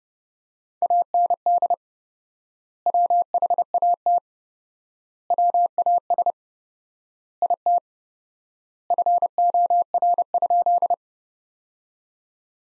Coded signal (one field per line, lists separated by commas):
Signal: Morse code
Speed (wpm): 30 wpm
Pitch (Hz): 700 Hz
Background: none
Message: AND WHAT WAS IT FOR?